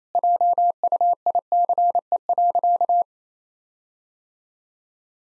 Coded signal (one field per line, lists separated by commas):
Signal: Morse code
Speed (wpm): 27 wpm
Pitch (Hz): 700 Hz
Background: none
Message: JUICE.